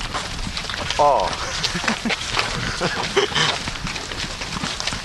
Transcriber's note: laughs